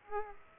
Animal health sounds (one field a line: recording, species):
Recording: mosquito wingbeat signal from an infrared sensor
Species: Aedes aegypti